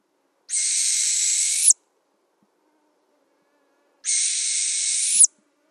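Northern hawk-owl hissing screeches: two long, rasping, noisy notes of about a second each, each ending in a brief upward flick, separated by over two seconds of silence.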